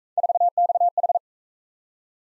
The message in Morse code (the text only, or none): 4XH